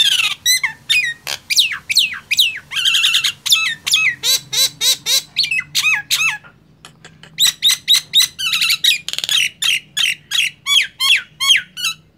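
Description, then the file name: Nias hill myna delivering harsh squawks mixed with clear falling whistles, a dense chattering stretch, a short gap near seven seconds, then steady repeated notes. "suara jalak nias"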